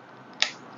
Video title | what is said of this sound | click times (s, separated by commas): Unboxing and Review Super Robot Chogokin Aquarion Evol Part 2 | Oke kita pasang Sampai bunyi klik | 0.4 s